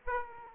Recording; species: mosquito wingbeat signal from an infrared sensor; Aedes aegypti